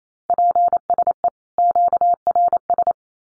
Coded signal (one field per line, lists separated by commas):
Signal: Morse code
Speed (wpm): 28 wpm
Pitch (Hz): 700 Hz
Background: none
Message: PSE QRS